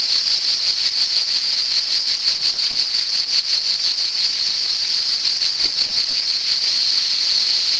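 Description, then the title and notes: Cicada buzzing, a constant shrill whirring with fast pulses, steady and uninterrupted throughout. Cicadas in summer. "cigales. l'été"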